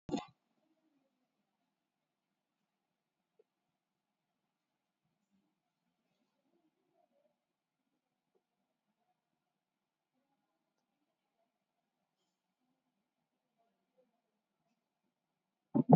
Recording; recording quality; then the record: shallow breathing; poor, much background noise or distortion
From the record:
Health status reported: COVID-19 positive, mild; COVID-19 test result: positive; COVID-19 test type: RT-PCR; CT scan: taken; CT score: 0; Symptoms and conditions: fatigue, another condition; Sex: female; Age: 35 years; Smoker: no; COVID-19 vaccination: one dose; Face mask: worn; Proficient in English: yes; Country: India